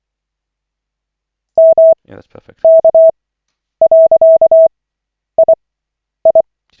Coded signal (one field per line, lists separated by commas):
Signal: Morse code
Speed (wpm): 24 wpm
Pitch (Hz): 650 Hz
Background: speech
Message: MK.II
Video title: Koch 14/40, 27.01.2025, CW practice session